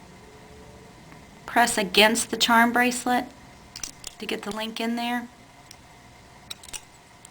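Someone talks while a metal split ring is pressed against a charm bracelet and worked onto a link, before being turned through with tweezers. Small, sharp metallic ticks and taps are heard around 3.8–4.1 s and 6.5–6.8 s. Nothing has clicked or seated yet.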